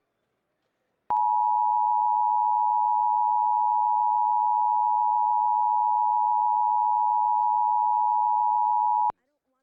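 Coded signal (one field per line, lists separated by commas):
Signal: Emergency Alert System (SAME) tones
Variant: 853 and 960 Hz attention tone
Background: speech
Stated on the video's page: Real EAS interruption for an AMBER alert recorded off the air from a TV subchannel.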